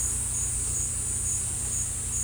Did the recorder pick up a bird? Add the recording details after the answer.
no. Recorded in dense forest near Puerto Asís, Putumayo, Colombia, on 18 December 2024 at 14:00. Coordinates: 0.467, -76.328. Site GP05